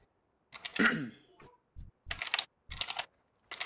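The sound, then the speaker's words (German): Bursts of fast typing on a computer keyboard, picked up by a participant's unmuted microphone in a voice chat: clattery clicks arriving in uneven clusters with short pauses between, moderately loud and with no voices over it. “Doodles, bitte dein Mikrofon muten. Kann derjenige das mit dem Tippen und so?”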